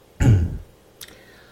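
A single short, low-pitched smoker's cough from an adult man.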